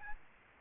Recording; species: mosquito wingbeat signal from an infrared sensor; Aedes albopictus